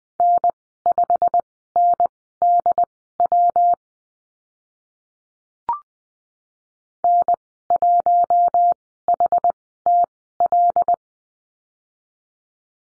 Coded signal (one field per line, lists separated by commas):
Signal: Morse code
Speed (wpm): 20 wpm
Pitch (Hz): 700 Hz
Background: none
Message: N5NDW N1HTL